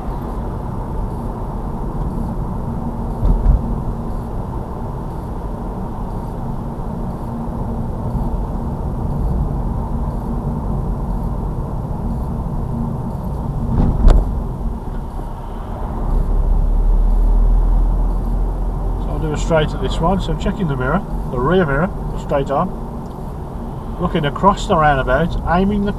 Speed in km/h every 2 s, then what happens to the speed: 40, 40, 40, 42, 40, 39, 35, 29, 29, 35, 37, 37, 34.
0-9 steady at about 40. 9-14 slows to 29. 16-19 speeds up to 37. 19-26 steady at about 37.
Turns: none.